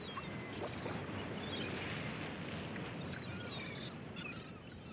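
Sea waves and wind on a rocky shore in England blend into a steady, broad rushing roar that barely rises or falls, with faint higher whistles drifting through, the wind throwing pebbles against the cliffs. No one speaks.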